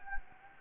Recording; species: mosquito wingbeat signal from an infrared sensor; Anopheles gambiae